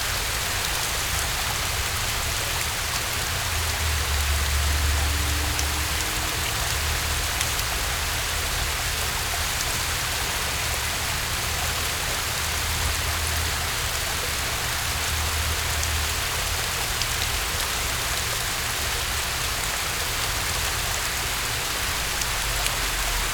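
A waterfall roars steadily from close by, a dense, unbroken hiss of falling water that is brightest in the upper range and never lets up. Beneath it runs a low, uneven rumble that swells briefly around five, thirteen and sixteen seconds.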